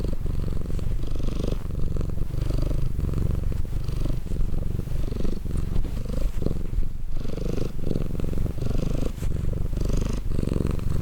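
Cat purring, a steady low rumble that pulses continuously with slight rhythmic swells throughout.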